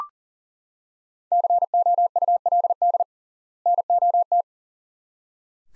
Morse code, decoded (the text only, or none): COULD NOT